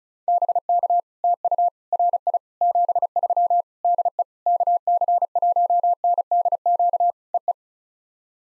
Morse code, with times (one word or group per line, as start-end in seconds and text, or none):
0.3-1.0 BK
1.2-1.7 TU
1.9-2.4 RI
2.6-3.6 73
3.9-4.2 DE
4.5-7.1 KC1NDQ
7.3-7.5 EE